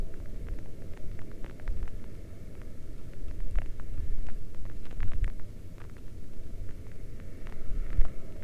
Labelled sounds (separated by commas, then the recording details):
wind, rain
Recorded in the Arctic National Wildlife Refuge, Alaska, on 11 August 2019 at 20:24
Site 40